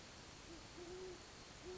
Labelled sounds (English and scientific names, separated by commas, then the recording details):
Great Horned Owl (Bubo virginianus)
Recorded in Sonoma County, California